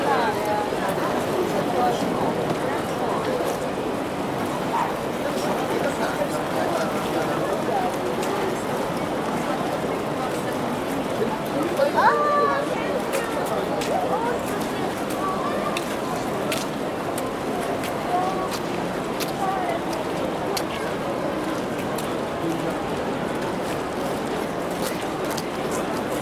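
A dense, steady crowd murmur at the Eiffel Tower, with scattered voices, brief louder calls around twelve seconds, and occasional sharp clicks.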